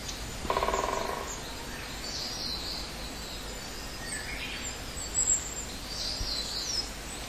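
Great spotted woodpecker drumming, one brief fast roll near the start, followed by high twittering songbird calls over a constant outdoor hiss.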